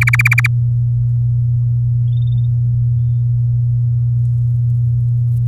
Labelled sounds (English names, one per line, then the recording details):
Domestic Canary song
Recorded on 7 May 2018 at 14:20
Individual llb16